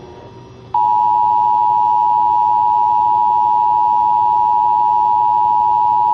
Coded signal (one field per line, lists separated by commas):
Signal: Emergency Alert System (SAME) tones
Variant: 853 and 960 Hz attention tone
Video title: Winter Storm Warning | EAS #403